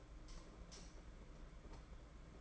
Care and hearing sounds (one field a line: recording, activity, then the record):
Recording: daily activity, microphone in the room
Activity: light off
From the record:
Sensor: 5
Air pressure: 992.1 hPa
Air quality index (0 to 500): 200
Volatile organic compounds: 1000 ppm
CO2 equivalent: 5756 ppm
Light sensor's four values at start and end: 8/20/8/8 and 7/18/7/8